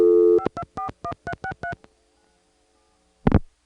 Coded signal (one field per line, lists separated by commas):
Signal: DTMF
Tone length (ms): 80 ms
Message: 5241363